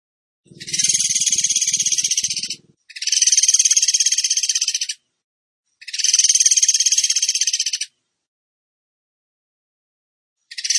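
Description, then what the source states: Bird song in rapid buzzy trilled bursts of about two seconds: three bursts separated by short gaps, then a long pause before a fourth begins, with a faint low rumble under the first burst. Masteran (training) song in the 'tembakan gacor' style.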